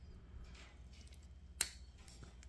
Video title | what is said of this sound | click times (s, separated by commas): Staccato XC (Full tear down 2011) | and if you heard that little click I just pushed it in and it seated into the hole | 1.6 s